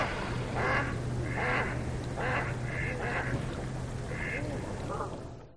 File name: audio hero Bird Mallard Duck